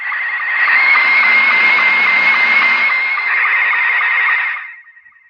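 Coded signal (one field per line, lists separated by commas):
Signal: SSTV (slow-scan television)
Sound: steady high warbling tone with quick regular low blips, under hiss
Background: radio static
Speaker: Hey, you guys, there's a slow scan TV picture being sent out.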